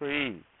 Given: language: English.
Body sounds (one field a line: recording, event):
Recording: throat vibration sensor signal played as sound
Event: speech